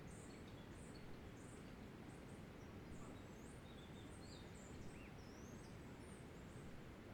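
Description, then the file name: Birds singing, scattered high chirps and brief rising and falling whistles, with one lower call in the second half, over a steady background rumble. Birdsong along a footpath trail at Quebrada La Vieja. "Quebrada La Vieja - Canto de aves en sendero peatonal"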